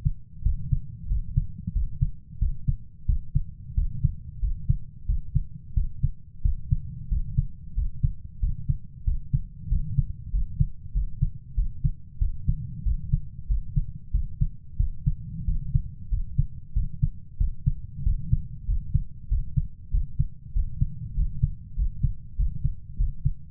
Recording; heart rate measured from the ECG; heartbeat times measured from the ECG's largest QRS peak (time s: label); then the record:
heart sounds by stethoscope; 93 bpm
0.45 s: heartbeat
1.10 s: heartbeat
1.75 s: heartbeat
2.41 s: heartbeat
3.08 s: heartbeat
3.77 s: heartbeat
4.42 s: heartbeat
5.08 s: heartbeat
5.76 s: heartbeat
6.45 s: heartbeat
7.11 s: heartbeat
7.77 s: heartbeat
8.42 s: heartbeat
9.07 s: heartbeat
9.71 s: heartbeat
10.33 s: heartbeat
10.95 s: heartbeat
11.57 s: heartbeat
12.21 s: heartbeat
12.86 s: heartbeat
13.49 s: heartbeat
14.14 s: heartbeat
14.79 s: heartbeat
15.48 s: heartbeat
16.12 s: heartbeat
16.76 s: heartbeat
17.40 s: heartbeat
18.06 s: heartbeat
18.68 s: heartbeat
19.31 s: heartbeat
19.93 s: heartbeat
20.56 s: heartbeat
21.17 s: heartbeat
21.78 s: heartbeat
22.39 s: heartbeat
23.00 s: heartbeat
From the record:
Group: healthy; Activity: rest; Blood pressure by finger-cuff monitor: 145/76 mmHg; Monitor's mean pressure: 94 mmHg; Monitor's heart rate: 92 bpm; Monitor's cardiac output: 8 L/min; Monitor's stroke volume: 88 mL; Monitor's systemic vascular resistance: 870 dyn s/cm5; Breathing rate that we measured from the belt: 21 breaths a minute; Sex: male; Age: 21 years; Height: 175 cm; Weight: 72.6 kg